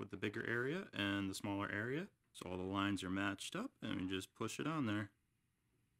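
Someone talks while lining up the matching large and small areas of the plastic antenna base with the center of the 17.5-inch reflector of an Antennas Direct ClearStream 4 TV antenna, then begins pushing it on. The clip ends in near silence, and nothing has seated or clicked yet.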